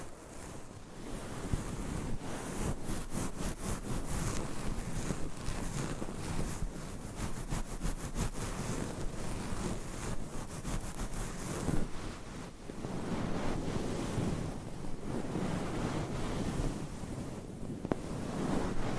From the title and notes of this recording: ASMR Mic Scratching - Brain Scratching Hypnotic Asmr No Talking for Sleep with Long Nails.